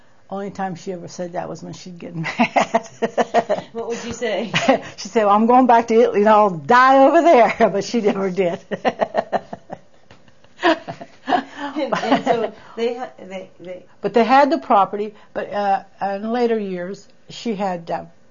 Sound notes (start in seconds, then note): 2.2 she laughs; 10.2 she laughs